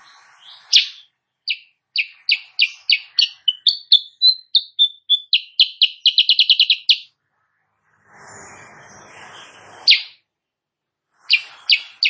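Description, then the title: Sooty-headed bulbul song in bursts: a long accelerating series of sharp notes ending in a rapid rattle, a hissy gap, then single loud notes. Morning singing in full vigorous form; used as a tutor song (masteran) for training songbirds, said to provoke rival birds into answering. "Masteran Kutilang Sutra. Kutilang Sutra GACOR pagi hari bikin lawannya AUTO NYAUT"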